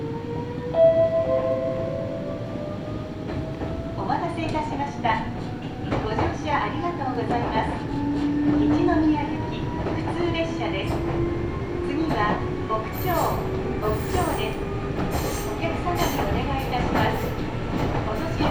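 A Meitetsu Bisai Line train runs with a steady low rumble and rising motor whine, frequent clanks and rattles, and faint voices throughout.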